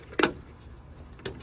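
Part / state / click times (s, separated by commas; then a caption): turn signal lamp into Jeep grille / not seated / none. A turn signal light housing is handled against the new plastic Demon grille of a Jeep Wrangler JK as it is pushed back in toward its retaining clip. A sharp plastic tap is heard around 0.2 s and a softer one near 1.3 s over quiet background. Nothing has seated or clicked yet.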